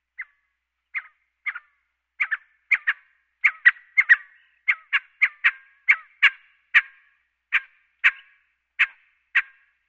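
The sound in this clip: Quail giving a long series of sharp, dry clucks, often in pairs, closer together in the middle and spacing out towards the end; otherwise quiet.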